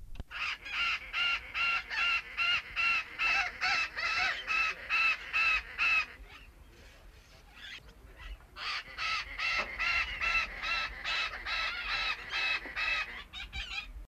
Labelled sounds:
Chestnut-fronted Macaw (Ara severus) call
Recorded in captivity
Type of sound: call
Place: Vogelpark Walsrode, Niedersachsen, DE
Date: 1978-08-30
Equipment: Halbspur, 9,5 cm/s
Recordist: Lütgens, Hans
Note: Rufe

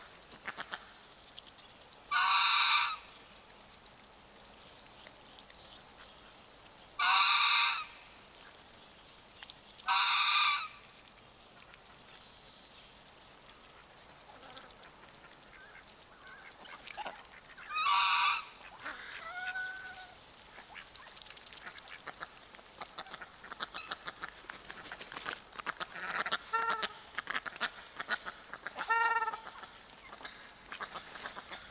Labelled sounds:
Swan Goose (Anser cygnoides) call
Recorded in captivity
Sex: pair
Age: adult
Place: Tierpark Wolgast, Mecklenburg-Vorpommern, DE
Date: 1983-09-19 12:04
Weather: overcast, 16°C
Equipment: Nagra SN, Sennheiser MKH 416 T, Kopie Uher 4000 Report Monitor
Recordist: Tembrock, Günter

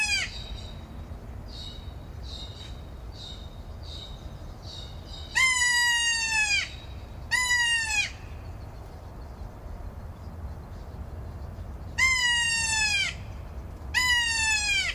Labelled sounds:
Kea (Nestor notabilis)
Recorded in captivity
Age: adult
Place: Zoo Berlin, Berlin, DE
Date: 1997-10-03 19:25
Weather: heiter, 11°C
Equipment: Sony MD-WM MZ-R3, Sennheiser ME 80, Kopie Uher 4000 Report Monitor
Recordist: Tembrock, Günter

